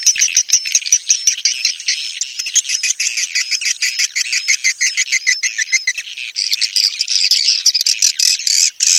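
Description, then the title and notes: Swiftlet calls, a dense stream of high chirps and buzzy trills, pulsing rapidly without pause. Swiftlet sound used in swiftlet farming in Asia. "Swiflet Bird Sound. Farming Swiflet Bird asia sound"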